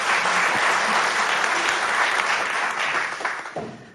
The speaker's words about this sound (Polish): Ktoś, kto zaprojektował te wspaniałe statuetki, bardzo prosimy dla pani szybciutkie brawa,